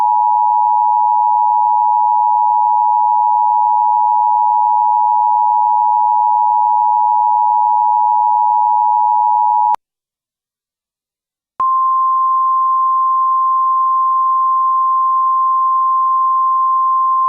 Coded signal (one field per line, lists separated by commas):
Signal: Emergency Alert System (SAME) tones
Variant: 853 and 960 Hz attention tone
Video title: EAS-CHILD ABDUCTION 3/12/2013 ALERT WV.